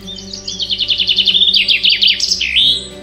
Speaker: Alors, tendez l'oreille car chez le pinson des arbres, le chant du mâle, c'est celui-ci.